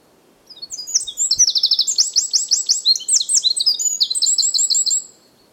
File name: Dmitry Kulakov - Krapivnik Troglodytes troglodytes